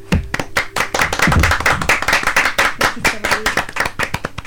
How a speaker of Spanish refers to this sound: ¿Podemos hacer un aplauso?